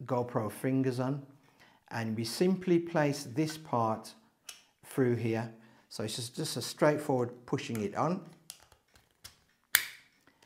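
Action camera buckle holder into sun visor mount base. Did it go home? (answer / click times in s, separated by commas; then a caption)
yes / 9.8 s. A plastic buckle holder carrying a GoPro action camera is pushed onto a SunnyLife sun visor camera mount while someone talks. Small taps and handling sounds follow, and the buckle clicks into place at 9.8 s, seated in the visor holder.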